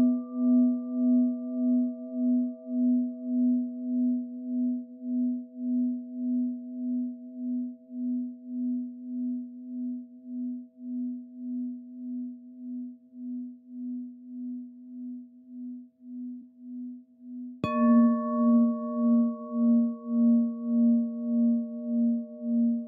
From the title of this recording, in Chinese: 頌缽聲頻共振